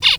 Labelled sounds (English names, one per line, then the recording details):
Zebra Finch distance call
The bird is a male
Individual mal2